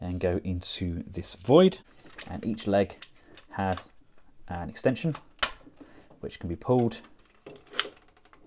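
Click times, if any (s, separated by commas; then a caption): 7.8 s. Someone talks while a plastic leg extension is pulled out of the leg of a Fans Hobby MB-16 Lightning Eagle transforming robot figure. A sharp click at 7.8 s marks the extension locking into place in the figure's leg, like the smaller legs.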